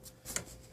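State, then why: Seated. The adjustable head section of a Hill Lloyd 402 elevation flexion treatment table with auto flex is pulled out in its frame with a soft sliding rub. A single short, sharp click at 0.4 s marks it latching, and the head piece locks in place.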